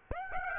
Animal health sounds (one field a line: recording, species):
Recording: mosquito wingbeat signal from an infrared sensor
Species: Aedes aegypti